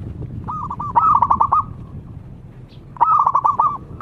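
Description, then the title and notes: Zebra dove cooing: two rippling, stuttered coo phrases with quick pulsed notes, separated by a short pause, over low rumbling background noise. Lure, singing steadily in full voice (gacor). "Pancingan Perkutut Durasi Panjang. Suara Burung Perkutut Gacor"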